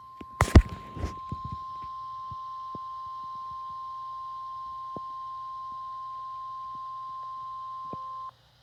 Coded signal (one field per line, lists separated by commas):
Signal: Emergency Alert System (SAME) tones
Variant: 1050 Hz attention tone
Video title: EAS Alerts From July 26 2026 EAS 1,047-1,056